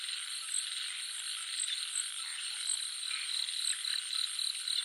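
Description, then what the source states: Frogs calling with faint, quick pulsed croaks beneath a shrill, constant insect trill and bright repeated chirps. Jungle nature soundscape of frogs and crickets.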